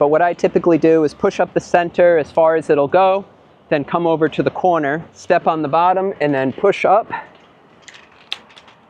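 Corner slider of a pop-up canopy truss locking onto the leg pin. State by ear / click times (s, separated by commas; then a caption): seated / 8.3 s. Someone talks while setting up a metal pop-up canopy frame. After pushing the center up as far as it will go, they step on the base of a leg and push the corner slider up until it clicks onto the leg's locking pin. The sharp click at 8.3 s, between fainter ticks, shows the corner has seated.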